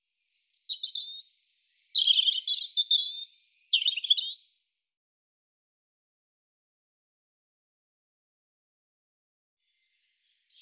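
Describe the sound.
European robin song: one long, rich phrase of tumbling warbles and high thin notes lasting about four seconds, then silence before another phrase begins.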